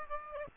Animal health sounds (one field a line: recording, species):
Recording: mosquito wingbeat signal from an infrared sensor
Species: Aedes aegypti